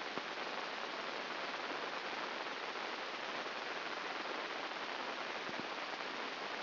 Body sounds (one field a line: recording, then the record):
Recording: brain microelectrode recording played as sound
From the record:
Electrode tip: inside the subthalamic nucleus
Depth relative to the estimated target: 2 mm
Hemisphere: left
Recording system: AlphaMap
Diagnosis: Parkinson's disease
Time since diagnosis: 14 years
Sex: female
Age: 58 years